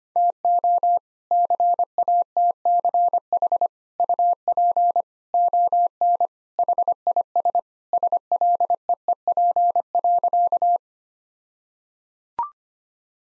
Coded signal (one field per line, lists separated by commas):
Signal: Morse code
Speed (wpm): 25 wpm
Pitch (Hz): 700 Hz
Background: none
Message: TO CATCH UP ON HIS SLEEP.